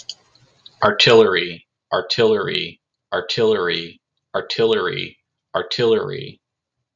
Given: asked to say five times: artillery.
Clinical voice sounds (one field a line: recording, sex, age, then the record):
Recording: repeated word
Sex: male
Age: 30 to 39 years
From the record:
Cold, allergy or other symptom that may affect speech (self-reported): no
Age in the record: 33 years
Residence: Texas, United States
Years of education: 14